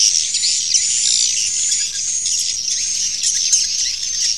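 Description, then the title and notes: Swiftlet twittering, a thick continuous chorus of high chirps and rapid trills, fairly even in loudness throughout. Swiftlet sound used in swiftlet farming in Asia. "Swiflet Bird Sound. Farming Swiflet Bird asia sound"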